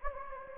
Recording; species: mosquito wingbeat signal from an infrared sensor; Anopheles gambiae